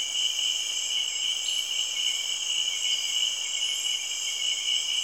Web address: Sound Effects Library (Africa- The Natural World) Cameroun- Insects Frogs, early evening, rainforest